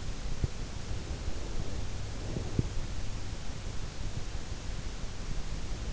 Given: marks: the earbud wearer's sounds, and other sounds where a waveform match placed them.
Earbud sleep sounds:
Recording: sounds in sleep by an in-ear microphone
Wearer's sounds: breath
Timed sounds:
0.86-2.55 s: breath

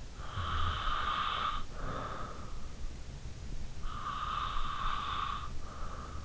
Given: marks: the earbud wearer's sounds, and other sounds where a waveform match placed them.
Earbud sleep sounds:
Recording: sounds in sleep by an in-ear microphone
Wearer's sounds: breath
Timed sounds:
0.11-2.85 s: breath
3.54-6.17 s: breath

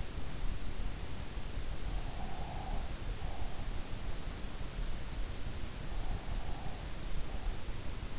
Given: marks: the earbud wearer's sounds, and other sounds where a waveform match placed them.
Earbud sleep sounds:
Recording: sounds in sleep by an in-ear microphone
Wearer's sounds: breath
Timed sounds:
2.13-3.64 s: breath

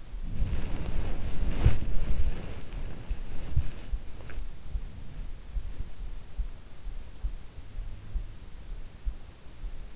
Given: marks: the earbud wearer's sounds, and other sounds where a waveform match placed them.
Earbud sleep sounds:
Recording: sounds in sleep by an in-ear microphone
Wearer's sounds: body movement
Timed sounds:
0.00-4.36 s: body movement

